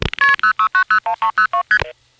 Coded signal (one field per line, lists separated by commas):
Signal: multi-frequency trunk signalling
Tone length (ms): 100 ms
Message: KP06901302ST